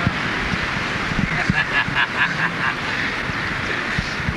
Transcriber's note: laughs